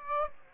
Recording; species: mosquito wingbeat signal from an infrared sensor; Aedes aegypti